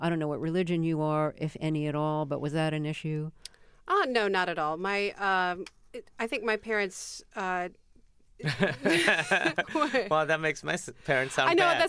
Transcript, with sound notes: I don't know what religion you are if any at all. But was that an issue?
Oh, no, not at all. My - I think my parents...
(LAUGHTER)
Well, that makes my parents sound bad.